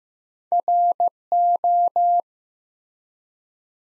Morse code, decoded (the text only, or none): RO